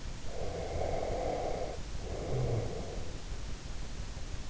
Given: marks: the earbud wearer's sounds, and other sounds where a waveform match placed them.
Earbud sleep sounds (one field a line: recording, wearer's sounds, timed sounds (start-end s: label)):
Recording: sounds in sleep by an in-ear microphone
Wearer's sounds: breath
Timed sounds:
0.20-3.28 s: breath